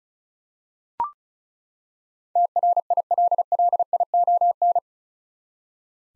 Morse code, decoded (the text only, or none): TRILLION